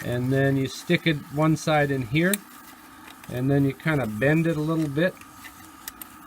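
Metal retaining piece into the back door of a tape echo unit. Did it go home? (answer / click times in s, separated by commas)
yes / 5.9 s, 6.0 s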